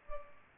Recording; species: mosquito wingbeat signal from an infrared sensor; Culex pipiens